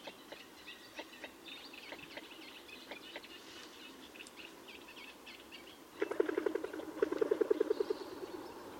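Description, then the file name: Northern shoveler calling, a low rapid run of knocking, pulsed notes near the end, over a busy background of high chirping songbirds. "Mestolone"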